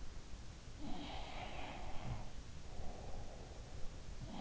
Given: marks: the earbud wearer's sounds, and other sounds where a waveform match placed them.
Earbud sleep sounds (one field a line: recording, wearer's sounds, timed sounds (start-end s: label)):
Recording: sounds in sleep by an in-ear microphone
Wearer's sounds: breath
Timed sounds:
0.69-3.93 s: breath
0.96-2.42 s: sound from someone else or the room